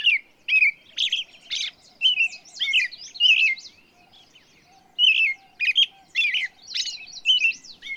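Bird song with rapid, varied chirps, whistles and trills in bursts, pausing briefly near the middle, over a faint, lower warbling.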